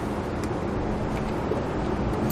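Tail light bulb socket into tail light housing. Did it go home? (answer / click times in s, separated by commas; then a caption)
no / none. A tail light bulb socket from a Roadmaster tail light wiring kit with bulbs is worked around the ball mount in the tail light housing of a 2018 Chevrolet Spark. Only steady, even broadband noise is heard, with no sharp sounds. The retaining tabs do not grip the socket, and nothing has seated or clicked yet.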